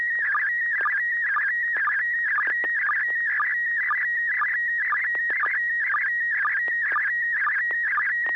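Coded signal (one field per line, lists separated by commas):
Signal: SSTV (slow-scan television)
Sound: warbling, chirping tone around 1.9 kHz with regular short lower blips, steady rhythm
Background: low hum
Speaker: we're going to go to the first one on the list here Alp India 6 Delta golf Joel do you have any pictures for us uh you're welcome to go ahead and send over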